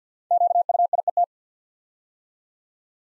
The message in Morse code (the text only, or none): QUIET